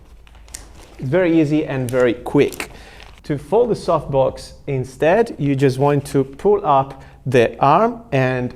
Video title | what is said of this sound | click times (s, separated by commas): NiceFoto 90cm softbox REVIEW - You don’t need the Aputure Light Dome II | and they lock into place automatically | 0.3 s, 0.6 s